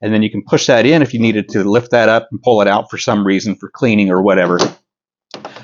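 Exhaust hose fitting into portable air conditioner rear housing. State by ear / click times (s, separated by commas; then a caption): seated / 5.3 s, 5.5 s, 5.6 s. Someone talks while a plastic exhaust hose fitting is dropped into the guides on the back of a dual-hose portable air conditioner and pushed in until the locking lever at the top catches. After a brief pause, a short series of plastic clicks comes at 5.3, 5.5 and 5.6 seconds. The fitting is seated and locked tightly in place.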